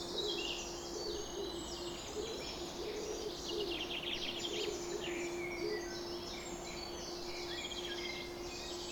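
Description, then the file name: Birds chorusing at dawn, high twitters and buzzy trills crowding together, faint low cooing, and a constant low humming tone throughout. Summer morning bird chorus recorded at 4:40 am. "summer morning bird chorus-4 40 am in cobs"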